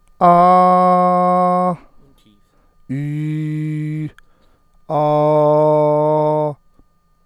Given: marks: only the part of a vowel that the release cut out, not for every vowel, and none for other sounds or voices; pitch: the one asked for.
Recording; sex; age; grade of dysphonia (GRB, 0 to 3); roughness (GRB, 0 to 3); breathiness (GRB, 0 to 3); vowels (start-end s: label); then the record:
sustained vowels; male; 40 to 49 years; 0; 0; 0
0.35-1.64 s: vowel /a/, high pitch
2.97-3.97 s: vowel /i/, low pitch
5.01-6.43 s: vowel /a/, low pitch
From the record:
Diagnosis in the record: healthy voice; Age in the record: 40 years